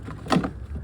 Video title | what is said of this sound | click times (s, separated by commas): Acadia 2008 3.6 water pump | And this, I think, I'm still in focus, yeah, should snap right in like that. | 0.3 s